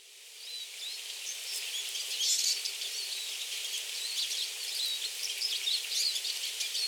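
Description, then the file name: Eurasian siskin calls: busy high-pitched twittering that swells after the first second, with a few clearer thin whistled notes standing out above the chatter. Recorded at Kuroda, Tatsuno on 18 March 2024. "mahiwa tatsuno kuroda"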